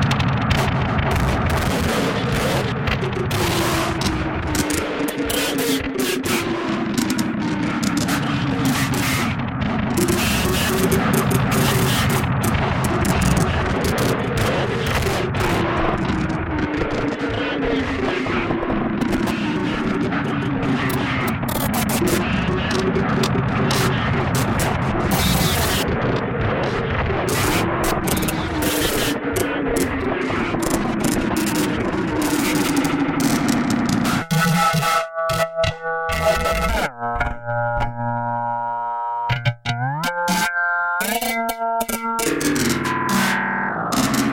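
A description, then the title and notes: Dense, distorted percussive textures with low sliding tones churn steadily, then around thirty-four seconds break into sparse, stuttering tonal bursts and clicks. Experimental Textures with Percussion Modules and Burst Generators. In this episode we trigger the Kraken and BIA with burst generators to create sporadic percussive textures which are then run through a plethora of FX modules!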